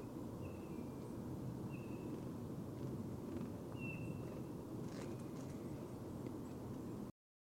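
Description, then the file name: Eurasian bullfinch calls as three brief, level whistled notes, faint against constant low-pitched background noise. "Pyrrhula pyrrhula"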